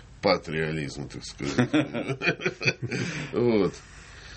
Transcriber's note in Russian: смеется